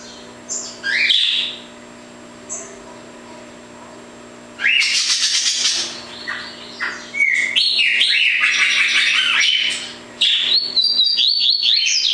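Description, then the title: Double-collared seedeater singing: a few scattered high notes, then a long run of rapid, varied chirps and buzzy trills, with brief breaks between phrases. "Canto Coleiro"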